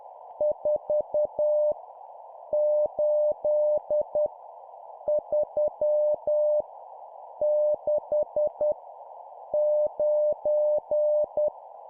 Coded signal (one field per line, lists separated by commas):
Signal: Morse code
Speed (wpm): 10 wpm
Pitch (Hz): 600 Hz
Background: none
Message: 4 8 3 6 9